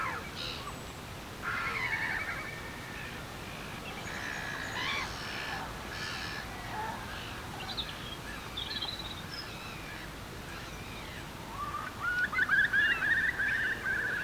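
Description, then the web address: Curlew calls: scattered whistled notes early on, then a loud rising, bubbling trill near the end, over a steady low outdoor rumble. "Effects 02-Birds, Insects Animals. Birds Curlews, Oystercatchers"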